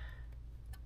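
The plastic hinged lid of an Integral Kids car seat storage console is raised further and clicks into its second notched open position at 0.7 s, a short bright click over a steady low hum. The lid locks in place in the second detent, its notches giving a jerky, step-wise locking action.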